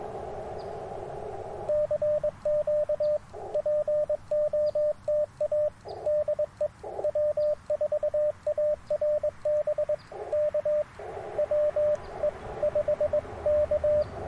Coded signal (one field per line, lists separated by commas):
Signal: Morse code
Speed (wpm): 22 wpm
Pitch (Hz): 590 Hz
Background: radio noise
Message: CQ POTA DE W4ARB K WE5K